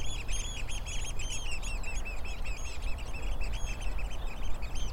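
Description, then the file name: Eurasian oystercatchers in excited piping, rapid strings of shrill, arched notes from several birds overlapping, backed by low, rushing background noise. Several birds at Rye Harbour river mouth, recorded 9 May 2022. "220509 Rye Harbour river mouth Oystercatchers"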